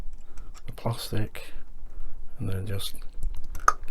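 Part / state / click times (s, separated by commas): plastic window into model truck cab / seated / 3.7 s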